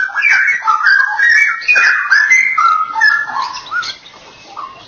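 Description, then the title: Oriental magpie-robin pouring out a fast, loud string of varied whistles and slurred notes, tapering off near the end. "Kicau Kacer"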